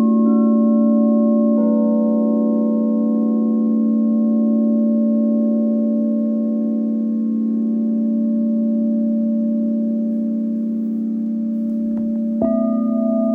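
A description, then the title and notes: A sound bath of ringing metal bowls, their long, steady tones layered low and warm with a few brighter overtones above. The drone holds almost unchanged, with soft new strikes near 1.5 seconds and again around 12.5 seconds that refresh the ring. Live Virtual Sound Bath.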